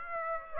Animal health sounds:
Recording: mosquito wingbeat signal from an infrared sensor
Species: Aedes aegypti

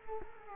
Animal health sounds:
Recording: mosquito wingbeat signal from an infrared sensor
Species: Culex quinquefasciatus

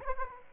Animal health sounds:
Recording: mosquito wingbeat signal from an infrared sensor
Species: Aedes aegypti

